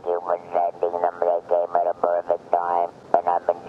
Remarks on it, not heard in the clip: In 1993 she was diagnosed with throat cancer, and at that point she lost her natural voice and started using an electrolarynx. A collection of messages she had left me on my answering machine. While it never sounded quite like her, her personality still shone through, even with that electronic device.